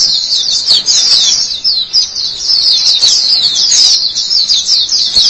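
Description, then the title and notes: White-eye giving a dense, unbroken high-pitched twittering song, rapid thin notes tumbling together throughout. White-eye chirping song. "Kicauan Burung Pleci Durasi Panjang. Suara kicauan burung pleci"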